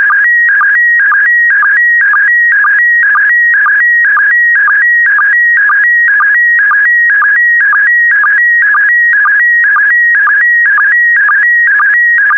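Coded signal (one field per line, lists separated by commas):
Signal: SSTV (slow-scan television)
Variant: PD120 mode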